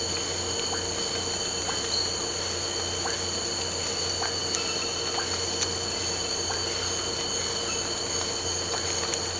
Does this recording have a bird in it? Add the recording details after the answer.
no. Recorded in pastures near Puerto Asís, Putumayo, Colombia, on 8 March 2025 at 03:30. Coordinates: 0.466, -76.322. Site CSA-02